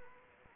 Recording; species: mosquito wingbeat signal from an infrared sensor; Anopheles arabiensis